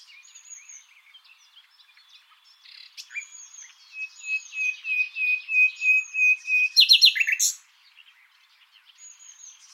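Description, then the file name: Common nightingale song: soft scattered notes, then a loud series of rich repeated notes swelling to a harsh rattling burst before fading to quiet phrases. "Luscinia megarhynchos"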